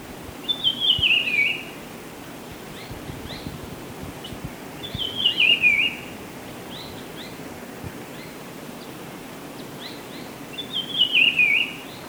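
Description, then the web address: Black-bellied peppershrike singing a short warbled phrase of rapid rising and falling notes, repeated three times several seconds apart over soft background noise. Recorded in Ecuador. "Birds of Ecuador. Black-bellied Peppershrike"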